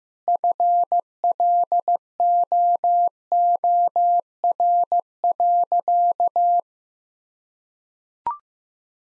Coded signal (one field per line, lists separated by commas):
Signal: Morse code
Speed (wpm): 15 wpm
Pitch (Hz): 700 Hz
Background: none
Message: FLOOR.